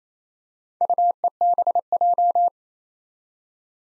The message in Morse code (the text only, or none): UEBJ